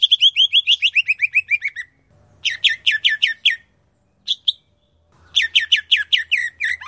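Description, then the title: Grey-cheeked bulbul song, rapid runs of bright slurred notes descending in pitch, broken by short pauses and a brief pair of notes, with a faint low hum beneath. "Kicau Burung Cucak Jenggot"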